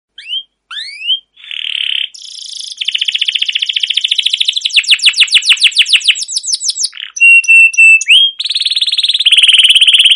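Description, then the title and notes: Canary song opening with quick upslurred chirps, then a buzzy note, long rapid rolling trills, a steady whistled tone and further fast buzzy rolls. Canary song used as a lure (pancingan) to train other canaries; described as chirping, rolling (ngerol) and long, vigorous (gacor panjang) song. "CUIT CUIT NGEROL LANGSUNG GACOR PANJANG Kenari Utk Pancingan KENARI. burung kenari"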